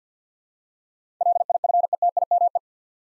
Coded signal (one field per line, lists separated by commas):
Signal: Morse code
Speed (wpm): 50 wpm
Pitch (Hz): 700 Hz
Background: none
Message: LIFETIME